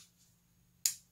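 A plastic part is pressed into a model locomotive chassis during assembly of a model railroad locomotive. After near-silence with a faint low hum, a single sharp, loud click rings out at 0.9 s and decays quickly. The part snaps in and is confirmed seated.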